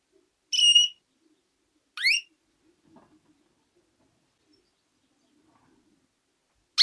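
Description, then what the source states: Canary producing a clear whistled note, then a quicker upswept one, and a third cut off at the end; faint low noises between. Female.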